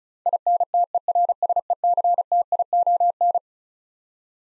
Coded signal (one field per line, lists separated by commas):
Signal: Morse code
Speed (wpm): 36 wpm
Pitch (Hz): 700 Hz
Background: none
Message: INTERSECTION